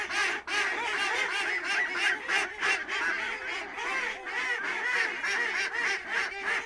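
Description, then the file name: Ducks calling as a flock, dense overlapping nasal quacks and honks in an unbroken chatter throughout. Lunel. "canards lunel"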